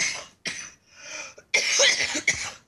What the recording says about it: I hear that you're coughing there. We both have these chest colds.